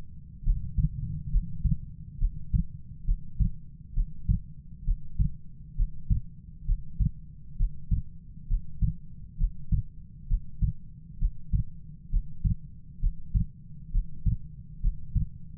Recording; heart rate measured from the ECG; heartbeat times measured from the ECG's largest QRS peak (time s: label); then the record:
heart sounds by stethoscope; 67 bpm
0.44 s: heartbeat
1.30 s: heartbeat
2.18 s: heartbeat
3.05 s: heartbeat
3.94 s: heartbeat
4.84 s: heartbeat
5.76 s: heartbeat
6.65 s: heartbeat
7.57 s: heartbeat
8.47 s: heartbeat
9.37 s: heartbeat
10.27 s: heartbeat
11.18 s: heartbeat
12.10 s: heartbeat
13.00 s: heartbeat
13.91 s: heartbeat
14.80 s: heartbeat
From the record:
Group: healthy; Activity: breath hold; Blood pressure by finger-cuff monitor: 127/72 mmHg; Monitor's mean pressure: 95 mmHg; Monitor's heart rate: 67 bpm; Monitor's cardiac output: 6.7 L/min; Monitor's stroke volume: 99 mL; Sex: female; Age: 22 years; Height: 161 cm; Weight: 65.5 kg